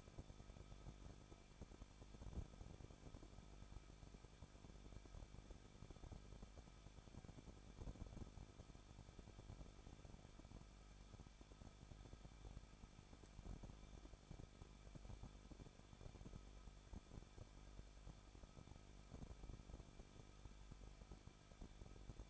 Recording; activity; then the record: daily activity, microphone in the room; no activity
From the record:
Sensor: 5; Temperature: 20.8 degrees Celsius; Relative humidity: 38.3%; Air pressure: 1006.4 hPa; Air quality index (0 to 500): 188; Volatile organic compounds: 19 ppm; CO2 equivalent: 2645 ppm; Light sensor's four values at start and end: 2/3/1/1 and 2/3/1/1